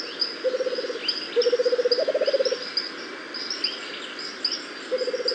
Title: LuckyPassaro Completos2Sama. Rufous-capped Motmot (Baryphthengus ruficapillus)